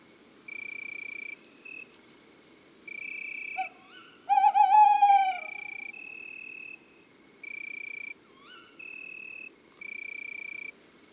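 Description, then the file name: Tawny owl quavering hoot in the middle, a long tremulous wavering note, with steady high piping tones repeating before and after. Male; woods and forests. "Chouette hulotte male Chants doiseaux des bois et des forets"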